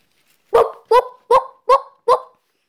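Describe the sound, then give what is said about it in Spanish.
Dogs barking in a steady series of five sharp, loud woofs, evenly spaced about half a second apart, with no voices or other sounds around them. “ladrar y ladrar con mis perros.”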